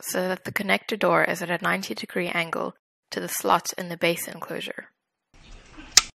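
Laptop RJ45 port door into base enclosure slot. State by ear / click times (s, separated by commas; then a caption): seated / 6.0 s. Someone talks while a replacement plastic RJ45 connector door for an HP EliteBook 840 G3 laptop is lined up with its pivot clips at a 90-degree angle to the slots in the base enclosure. After a short pause and some faint handling noise, the door is pushed into the RJ45 slot, and a sharp, short click sounds at 6.0 s as it seats into place.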